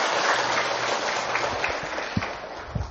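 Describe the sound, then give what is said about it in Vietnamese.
Buddhist followers at a temple clap continuously in a dense, steady wash of applause, with a few sharper individual claps standing out near the end. “Trước hết sưởng tràng pháo tay hoan nghênh tinh thần của các vị.”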